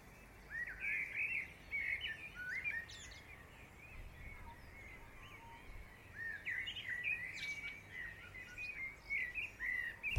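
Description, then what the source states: Several birds chirping and twittering together in thick clusters of short notes, over a steady ambient hum. Dawn chorus.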